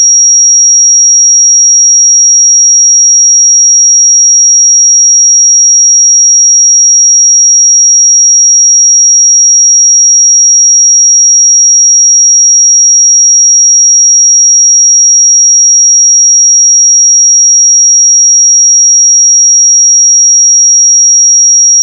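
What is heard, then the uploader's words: A pure sine tone at 5660 Hz holds one fixed, high, piercing pitch for the whole length. The level stays perfectly even from start to finish, with no pulsing, wavering or background sound, and it cuts off abruptly at the very end. 5660 Hz 1 Hz Interval Sine Pure Tone Frequency 441000 Sample Mono.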